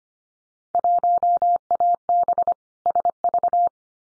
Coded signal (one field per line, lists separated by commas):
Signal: Morse code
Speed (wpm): 25 wpm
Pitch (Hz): 700 Hz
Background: none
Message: 1AB SV